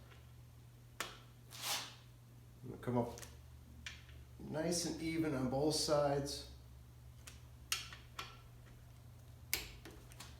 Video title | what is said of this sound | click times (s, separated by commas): 383 engine build pt6 | There, you hear that click? | 9.5 s